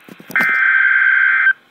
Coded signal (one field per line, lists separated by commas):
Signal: Emergency Alert System (SAME) tones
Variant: header bursts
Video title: CAE REAL EAS 626-Child abduction emergency